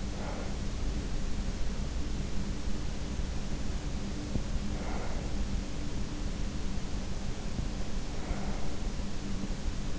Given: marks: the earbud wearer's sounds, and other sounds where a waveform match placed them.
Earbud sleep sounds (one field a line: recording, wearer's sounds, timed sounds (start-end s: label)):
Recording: sounds in sleep by an in-ear microphone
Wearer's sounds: breath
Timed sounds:
0.00-1.16 s: breath
3.96-5.50 s: breath
7.22-8.97 s: breath